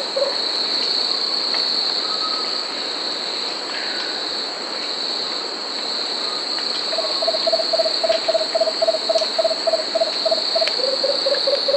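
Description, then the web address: Lemon-throated barbet song, a quick series of low, even hooting notes, about three per second, dropping slightly in pitch near the end, over a steady high drone. South America. "Natures Songs S America Lemon-throated Barbet (Eubucco richa"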